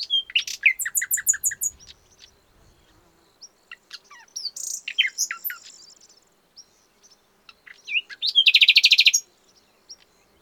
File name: Luscinia megarhynchos